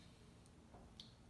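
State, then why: Not seated. Wooden piece 75 of a UGears U-9 Grand Prix Car mechanical 3D wooden model kit (UTG0031) is handled at the wooden model assembly before it is pushed in. Over a low steady background there are two faint ticks, a small one at about 0.5 s and a sharper one at about 1.0 s. Nothing has seated or clicked yet.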